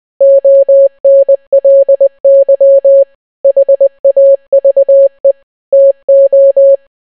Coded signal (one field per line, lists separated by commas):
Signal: Morse code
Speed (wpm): 20 wpm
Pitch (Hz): 550 Hz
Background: none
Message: ONLY HAVE TO